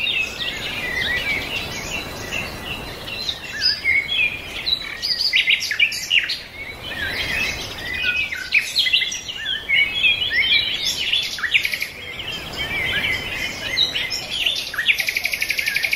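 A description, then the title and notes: Songbirds sing in a deep summer forest, several voices overlapping in a dense, continuous chorus of bright chirps, trills and whistles. A soft, steady wash of low rumble sits underneath, and a rapid ticking trill rises near the end. Summer Songbirds. A deep forest, where birds sing to you their sweetest harmonies.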